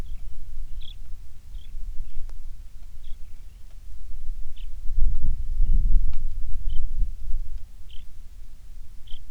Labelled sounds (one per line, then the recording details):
songbird
wind
rain
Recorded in the Prudhoe Bay oil fields, Alaska, on 27 July 2019 at 18:32
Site 19